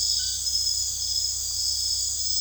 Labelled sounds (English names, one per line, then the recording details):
none
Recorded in dense forest near Puerto Asís, Putumayo, Colombia, on 19 February 2024 at 00:00
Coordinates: 0.485, -76.322
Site G6406